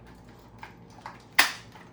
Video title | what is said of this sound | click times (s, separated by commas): High Flow Nasal Cannula - Airvo set up and reprocessing. | Until it clicks, | 1.4 s